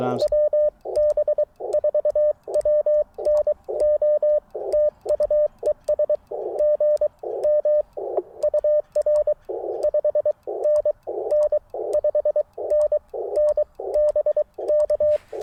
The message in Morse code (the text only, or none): WB4WNO TU ES GM UR 5NN 5NN BK